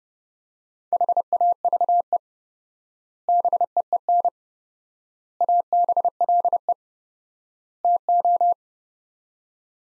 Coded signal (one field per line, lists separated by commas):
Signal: Morse code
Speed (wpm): 32 wpm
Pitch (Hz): 700 Hz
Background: none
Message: HAVE BEEN ABLE TO